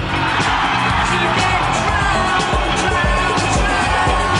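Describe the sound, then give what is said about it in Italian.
A large crowd in Manchester claps and cheers steadily for a DJ, with scattered whoops and yells rising over dense, continuous applause that stays loud throughout. “They're applauding the DJ.”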